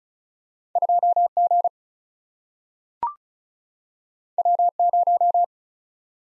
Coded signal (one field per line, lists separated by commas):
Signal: Morse code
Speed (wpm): 36 wpm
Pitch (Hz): 700 Hz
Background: none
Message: 2G W0